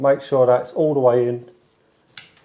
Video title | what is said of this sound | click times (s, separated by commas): How To Install LED Downlights With No Access Above | Click and that is | 2.2 s